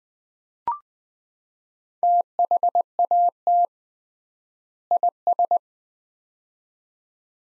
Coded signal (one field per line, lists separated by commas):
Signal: Morse code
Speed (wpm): 20 wpm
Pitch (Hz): 700 Hz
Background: none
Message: THAT IS